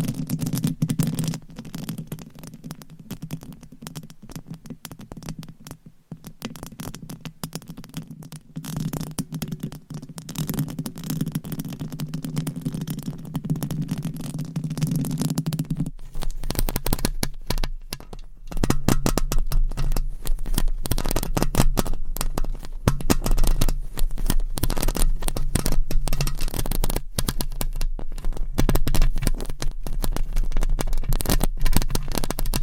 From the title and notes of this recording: Mic Scratching Edition! ASMR No Talking.